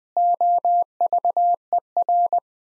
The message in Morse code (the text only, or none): OVER